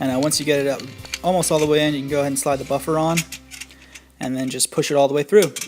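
Someone talks while sliding a tungsten buffer onto a CS recoil spring and pushing them into the buffer tube of a .308 AR rifle, where the buffer is held by a small spring-loaded retainer detent. A few faint, brief ticks can be heard around 3.6 to 4.1 seconds during a pause in the talking. Nothing has seated or clicked into the detent yet; the buffer is still being pushed in.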